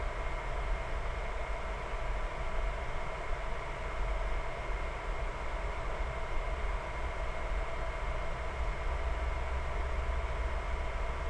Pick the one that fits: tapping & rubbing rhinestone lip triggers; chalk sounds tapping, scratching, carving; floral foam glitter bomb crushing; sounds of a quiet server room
sounds of a quiet server room